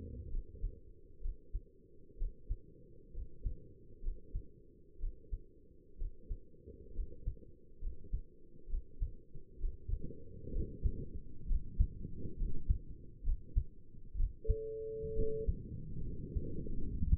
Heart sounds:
heart sounds by stethoscope; 65 bpm
0.32 s: heartbeat
1.23 s: heartbeat
2.19 s: heartbeat
3.15 s: heartbeat
4.04 s: heartbeat
5.01 s: heartbeat
5.99 s: heartbeat
6.96 s: heartbeat
7.82 s: heartbeat
8.70 s: heartbeat
9.61 s: heartbeat
10.54 s: heartbeat
11.48 s: heartbeat
12.38 s: heartbeat
13.25 s: heartbeat
14.18 s: heartbeat
15.17 s: heartbeat
16.05 s: heartbeat
16.81 s: heartbeat
From the record:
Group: healthy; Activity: rest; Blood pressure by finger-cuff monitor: 74/45 mmHg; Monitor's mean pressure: 59 mmHg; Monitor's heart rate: 66 bpm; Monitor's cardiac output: 5.9 L/min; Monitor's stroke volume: 91 mL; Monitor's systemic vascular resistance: 650 dyn s/cm5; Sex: male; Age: 22 years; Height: 181 cm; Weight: 79 kg

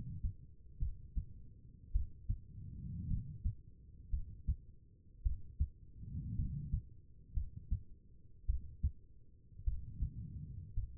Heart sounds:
heart sounds by stethoscope; 54 bpm
0.79 s: heartbeat
1.92 s: heartbeat
3.08 s: heartbeat
4.10 s: heartbeat
5.23 s: heartbeat
6.36 s: heartbeat
7.34 s: heartbeat
8.46 s: heartbeat
9.64 s: heartbeat
10.74 s: heartbeat
From the record:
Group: healthy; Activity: rest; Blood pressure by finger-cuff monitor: 88/62 mmHg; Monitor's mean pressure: 70 mmHg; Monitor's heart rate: 54 bpm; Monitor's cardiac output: 4.1 L/min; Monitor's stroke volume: 75 mL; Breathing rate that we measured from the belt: 17 breaths a minute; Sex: female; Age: 36 years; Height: 163 cm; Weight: 88 kg

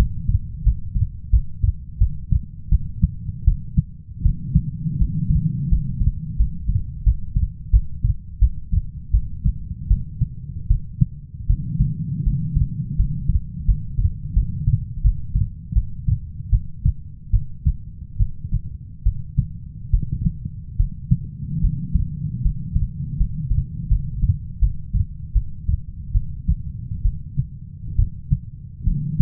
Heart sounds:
heart sounds by stethoscope; 79 bpm
0.64 s: heartbeat
1.31 s: heartbeat
1.99 s: heartbeat
2.70 s: heartbeat
3.46 s: heartbeat
4.24 s: heartbeat
4.99 s: heartbeat
5.70 s: heartbeat
6.38 s: heartbeat
7.04 s: heartbeat
7.71 s: heartbeat
8.40 s: heartbeat
9.12 s: heartbeat
9.89 s: heartbeat
10.68 s: heartbeat
11.48 s: heartbeat
12.24 s: heartbeat
12.97 s: heartbeat
13.66 s: heartbeat
14.34 s: heartbeat
15.02 s: heartbeat
15.74 s: heartbeat
16.50 s: heartbeat
17.31 s: heartbeat
18.18 s: heartbeat
19.04 s: heartbeat
19.91 s: heartbeat
20.77 s: heartbeat
21.61 s: heartbeat
22.43 s: heartbeat
23.18 s: heartbeat
23.89 s: heartbeat
24.60 s: heartbeat
25.33 s: heartbeat
26.12 s: heartbeat
27.03 s: heartbeat
27.96 s: heartbeat
28.85 s: heartbeat
From the record:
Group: healthy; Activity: rest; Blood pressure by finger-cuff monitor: 146/66 mmHg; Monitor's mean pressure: 88 mmHg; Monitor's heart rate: 79 bpm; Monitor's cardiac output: 7.4 L/min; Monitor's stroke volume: 94 mL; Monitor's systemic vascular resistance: 860 dyn s/cm5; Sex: female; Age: 37 years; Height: 168 cm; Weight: 70 kg

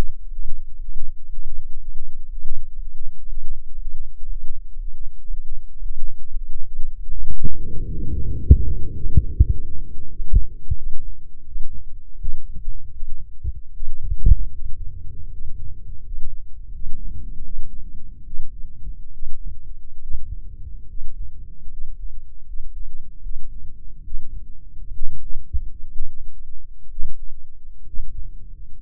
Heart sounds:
heart sounds by microphone in the left ear; 88 bpm
0.23 s: heartbeat
0.73 s: heartbeat
1.23 s: heartbeat
1.73 s: heartbeat
2.22 s: heartbeat
2.72 s: heartbeat
3.22 s: heartbeat
3.72 s: heartbeat
4.22 s: heartbeat
4.72 s: heartbeat
5.24 s: heartbeat
5.75 s: heartbeat
6.28 s: heartbeat
6.81 s: heartbeat
7.35 s: heartbeat
7.88 s: heartbeat
8.41 s: heartbeat
8.94 s: heartbeat
9.49 s: heartbeat
10.09 s: heartbeat
10.75 s: heartbeat
11.45 s: heartbeat
12.17 s: heartbeat
12.92 s: heartbeat
13.71 s: heartbeat
14.51 s: heartbeat
15.30 s: heartbeat
16.03 s: heartbeat
16.72 s: heartbeat
17.42 s: heartbeat
18.23 s: heartbeat
19.10 s: heartbeat
19.99 s: heartbeat
20.86 s: heartbeat
21.68 s: heartbeat
22.45 s: heartbeat
23.21 s: heartbeat
24.02 s: heartbeat
24.90 s: heartbeat
25.89 s: heartbeat
26.87 s: heartbeat
27.83 s: heartbeat
28.76 s: heartbeat
From the record:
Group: healthy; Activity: Valsalva maneuver 0-9 s, rest 9-29 s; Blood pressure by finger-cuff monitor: 109/71 mmHg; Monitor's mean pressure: 81 mmHg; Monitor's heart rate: 86 bpm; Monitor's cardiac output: 7.2 L/min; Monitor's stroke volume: 84 mL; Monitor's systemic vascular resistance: 830 dyn s/cm5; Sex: male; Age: 23 years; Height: 178 cm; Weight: 96.6 kg

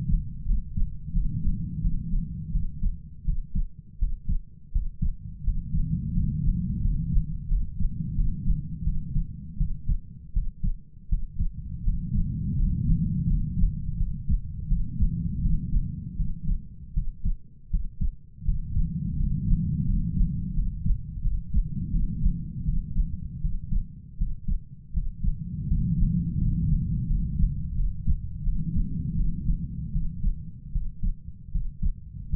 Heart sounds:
heart sounds by stethoscope; 83 bpm
0.46 s: heartbeat
1.13 s: heartbeat
1.82 s: heartbeat
2.52 s: heartbeat
3.25 s: heartbeat
3.99 s: heartbeat
4.72 s: heartbeat
5.44 s: heartbeat
6.14 s: heartbeat
6.81 s: heartbeat
7.48 s: heartbeat
8.16 s: heartbeat
8.84 s: heartbeat
9.57 s: heartbeat
10.33 s: heartbeat
11.09 s: heartbeat
11.84 s: heartbeat
12.56 s: heartbeat
13.27 s: heartbeat
13.97 s: heartbeat
14.68 s: heartbeat
15.41 s: heartbeat
16.16 s: heartbeat
16.94 s: heartbeat
17.70 s: heartbeat
18.45 s: heartbeat
19.17 s: heartbeat
19.85 s: heartbeat
20.54 s: heartbeat
21.22 s: heartbeat
21.91 s: heartbeat
22.65 s: heartbeat
23.41 s: heartbeat
24.17 s: heartbeat
24.93 s: heartbeat
25.67 s: heartbeat
26.38 s: heartbeat
27.07 s: heartbeat
27.75 s: heartbeat
28.43 s: heartbeat
29.15 s: heartbeat
29.92 s: heartbeat
30.72 s: heartbeat
31.52 s: heartbeat
32.29 s: heartbeat
From the record:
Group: healthy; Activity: rest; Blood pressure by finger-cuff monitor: 111/73 mmHg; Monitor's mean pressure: 86 mmHg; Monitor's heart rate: 83 bpm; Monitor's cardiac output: 7.2 L/min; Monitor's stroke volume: 86 mL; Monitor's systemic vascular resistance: 870 dyn s/cm5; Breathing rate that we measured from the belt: 9 breaths a minute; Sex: male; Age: 33 years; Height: 179 cm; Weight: 80.4 kg

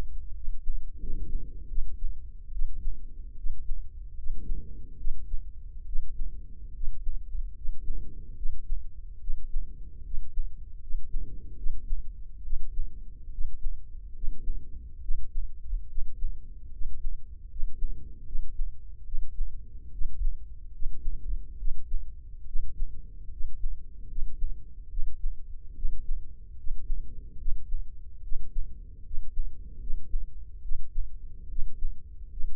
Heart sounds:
heart sounds by microphone in the left ear; 73 bpm
0.34 s: heartbeat
0.99 s: heartbeat
1.68 s: heartbeat
2.52 s: heartbeat
3.36 s: heartbeat
4.16 s: heartbeat
4.97 s: heartbeat
5.85 s: heartbeat
6.73 s: heartbeat
7.55 s: heartbeat
8.35 s: heartbeat
9.20 s: heartbeat
10.03 s: heartbeat
10.80 s: heartbeat
11.56 s: heartbeat
12.43 s: heartbeat
13.31 s: heartbeat
14.14 s: heartbeat
15.01 s: heartbeat
15.88 s: heartbeat
16.71 s: heartbeat
17.49 s: heartbeat
18.25 s: heartbeat
19.04 s: heartbeat
19.91 s: heartbeat
20.72 s: heartbeat
21.57 s: heartbeat
22.45 s: heartbeat
23.30 s: heartbeat
24.08 s: heartbeat
24.89 s: heartbeat
25.74 s: heartbeat
26.56 s: heartbeat
27.38 s: heartbeat
28.22 s: heartbeat
29.03 s: heartbeat
29.79 s: heartbeat
30.61 s: heartbeat
31.48 s: heartbeat
32.30 s: heartbeat
From the record:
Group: healthy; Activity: rest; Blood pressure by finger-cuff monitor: 109/71 mmHg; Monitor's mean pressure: 82 mmHg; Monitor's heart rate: 72 bpm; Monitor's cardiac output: 5.6 L/min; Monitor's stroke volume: 76 mL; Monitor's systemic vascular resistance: 1080 dyn s/cm5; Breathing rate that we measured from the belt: 19 breaths a minute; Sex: male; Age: 21 years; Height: 170 cm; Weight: 71 kg

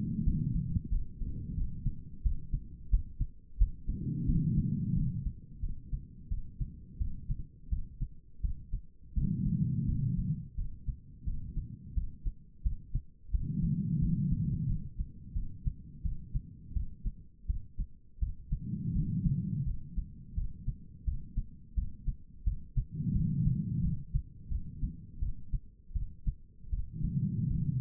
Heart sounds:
heart sounds by stethoscope; 86 bpm
0.25 s: heartbeat
0.90 s: heartbeat
1.56 s: heartbeat
2.23 s: heartbeat
2.91 s: heartbeat
3.59 s: heartbeat
4.27 s: heartbeat
4.94 s: heartbeat
5.61 s: heartbeat
6.29 s: heartbeat
6.99 s: heartbeat
7.70 s: heartbeat
8.42 s: heartbeat
9.15 s: heartbeat
9.86 s: heartbeat
10.56 s: heartbeat
11.25 s: heartbeat
11.95 s: heartbeat
12.64 s: heartbeat
13.32 s: heartbeat
14.00 s: heartbeat
14.67 s: heartbeat
15.34 s: heartbeat
16.03 s: heartbeat
16.74 s: heartbeat
17.47 s: heartbeat
18.20 s: heartbeat
18.94 s: heartbeat
19.65 s: heartbeat
20.35 s: heartbeat
21.05 s: heartbeat
21.76 s: heartbeat
22.45 s: heartbeat
23.13 s: heartbeat
23.81 s: heartbeat
24.49 s: heartbeat
25.20 s: heartbeat
25.94 s: heartbeat
26.71 s: heartbeat
27.49 s: heartbeat
From the record:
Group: healthy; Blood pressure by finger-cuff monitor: 101/67 mmHg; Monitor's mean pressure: 84 mmHg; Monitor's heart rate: 87 bpm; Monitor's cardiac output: 5.6 L/min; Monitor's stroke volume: 64 mL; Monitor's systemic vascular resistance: 1090 dyn s/cm5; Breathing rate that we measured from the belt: 13 breaths a minute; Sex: female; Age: 51 years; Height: 162 cm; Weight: 70.04 kg

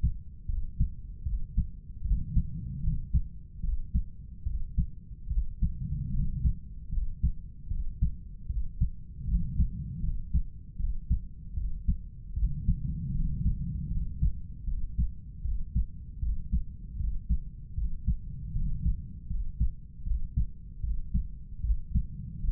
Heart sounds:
heart sounds by stethoscope; 77 bpm
0.49 s: heartbeat
1.26 s: heartbeat
2.05 s: heartbeat
2.84 s: heartbeat
3.64 s: heartbeat
4.46 s: heartbeat
5.31 s: heartbeat
6.14 s: heartbeat
6.93 s: heartbeat
7.71 s: heartbeat
8.49 s: heartbeat
9.28 s: heartbeat
10.03 s: heartbeat
10.80 s: heartbeat
11.57 s: heartbeat
12.37 s: heartbeat
13.15 s: heartbeat
13.91 s: heartbeat
14.67 s: heartbeat
15.44 s: heartbeat
16.22 s: heartbeat
16.99 s: heartbeat
17.77 s: heartbeat
18.55 s: heartbeat
19.30 s: heartbeat
20.06 s: heartbeat
20.83 s: heartbeat
21.64 s: heartbeat
22.44 s: heartbeat
From the record:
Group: healthy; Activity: cold pressor test 0-19 s, rest 19-23 s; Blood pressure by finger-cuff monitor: 142/95 mmHg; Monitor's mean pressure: 106 mmHg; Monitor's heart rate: 77 bpm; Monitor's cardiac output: 7.7 L/min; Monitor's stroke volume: 100 mL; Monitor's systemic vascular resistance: 1030 dyn s/cm5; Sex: male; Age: 30 years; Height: 188 cm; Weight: 110.2 kg

